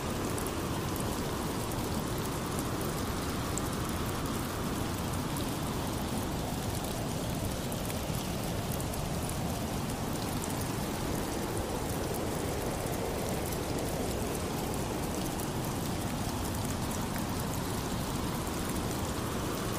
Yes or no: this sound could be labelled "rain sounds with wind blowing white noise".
yes